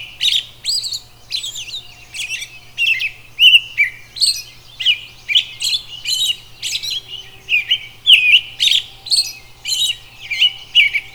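Robin singing a fast, busy run of high twittering and whistled notes, sharply clipped and tumbling together, with a faint steady hum underneath.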